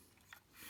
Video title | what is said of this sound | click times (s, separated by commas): Long and painful assembly of the Drake R4C PTO December 20, 2021 | all clicked in | 0.3 s